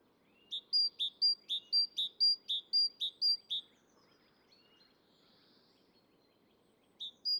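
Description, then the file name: Great tit, a burst of rapid alternating high and lower whistled notes, several pairs, a pause of quiet, then the song starting again. "Parus major"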